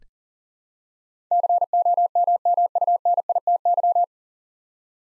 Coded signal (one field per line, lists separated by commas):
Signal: Morse code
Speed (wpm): 37 wpm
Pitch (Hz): 700 Hz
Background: none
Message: COMMUNITY